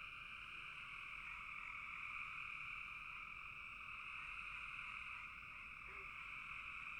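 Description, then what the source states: Frog chorus, an unbroken droning trill of many callers in two pitch bands, steady from start to finish, with a brief lower note near the end. Frogs in a bog.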